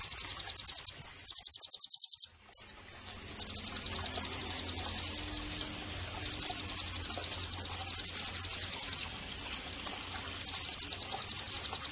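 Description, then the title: White-eye song: continuous high-pitched rapid trilling with scattered descending whistled slurs and a brief gap early on. Pleci singing actively (gacor); therapy and bird-training (masteran) audio for pleci. "Pleci Gacor 05. terapi pleci dextro 87 plus masteran kenari sahdu Dextro87 channel"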